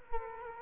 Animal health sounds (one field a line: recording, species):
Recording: mosquito wingbeat signal from an infrared sensor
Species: Culex quinquefasciatus